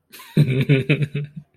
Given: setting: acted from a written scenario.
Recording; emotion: vocal sound without words; amusement